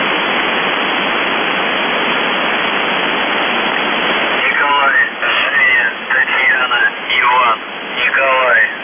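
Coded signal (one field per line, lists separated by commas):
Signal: numbers station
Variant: UVB-76 voice message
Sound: hiss of static, then a male voice reading a short message through noise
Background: radio static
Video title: The Buzzer/UVB-76(4625Khz) December 8, 2021 12:26UTC Voice message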